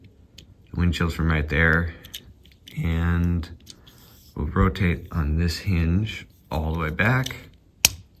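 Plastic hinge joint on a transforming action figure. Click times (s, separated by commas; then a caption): 7.9 s. Someone talks while transforming a plastic Transformers Age of the Primes Waspinator action figure, after the windshields are detached, rotating a part on its plastic hinge joint all the way back. The part snaps into its detent with a single sharp, loud click at 7.8 s, and the hinge is seated in place.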